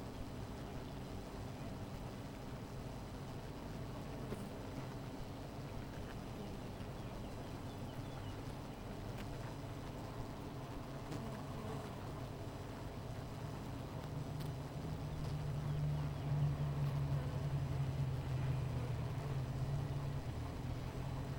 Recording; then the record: honeybee colony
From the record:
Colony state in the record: missing queen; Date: 14 July 2017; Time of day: 16:27